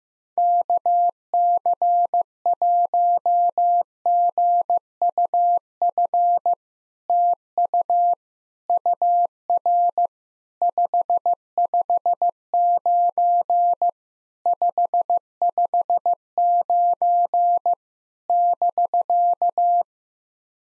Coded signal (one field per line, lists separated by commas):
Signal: Morse code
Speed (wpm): 15 wpm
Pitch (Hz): 700 Hz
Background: none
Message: KC1GUF TU UR 559 559 <BK>